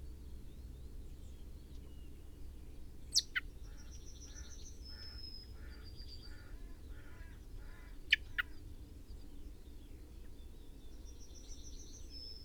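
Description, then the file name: Common blackbird calls: a few sharp, clicking chinks in pairs, with thin high drawn-out whistles and faint pulsed notes between them over a steady low rumble. "Turdus merula"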